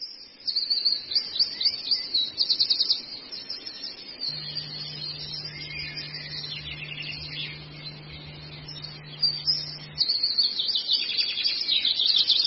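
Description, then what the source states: Long-tailed shrike song: dense high chattering phrases at the start and end, with a steady low hum through the middle. Indonesian masteran (tutoring) recording of long-tailed shrike song.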